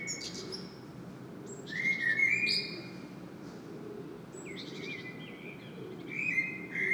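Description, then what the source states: Blackbird song in several separate phrases, each a low liquid whistle sliding into high chattering notes, with pauses between them and a continuous low hum behind. Blackbird singing in Saint-Gilles, Belgium; recorded with a Sony PCM-M10 internal microphone.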